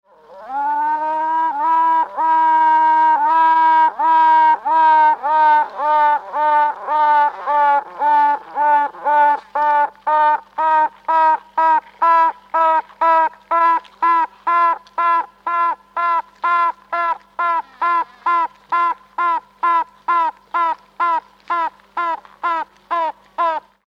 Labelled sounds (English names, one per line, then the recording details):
Honey Bee
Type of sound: tooting
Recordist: Tembrock, Günter
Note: Tüten einer frisch geschlüpften Königin